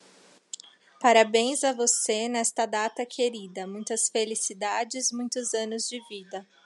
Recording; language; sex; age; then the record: short text; Brazilian Portuguese; female; 30 to 39 years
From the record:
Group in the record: control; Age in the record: 31 years